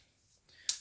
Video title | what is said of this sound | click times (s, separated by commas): Month Use Review of Civivi Elementum pocket knife | snap snap out | 0.7 s